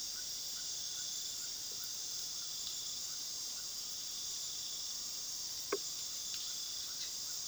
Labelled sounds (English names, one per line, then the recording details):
none
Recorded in pastures near Puerto Asís, Putumayo, Colombia, on 21 February 2024 at 20:30
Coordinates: 0.497, -76.327
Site G7276